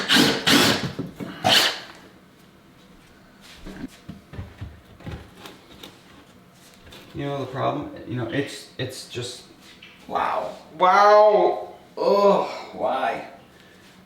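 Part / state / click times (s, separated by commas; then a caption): wooden window sill into a window opening / not seated / none. A wooden window sill is pushed into a window opening but will not drop into place and is trimmed afterwards. Someone talks in frustration, with a few short knocks around 4.3, 5.5 and 5.8 seconds. Nothing has seated or clicked yet.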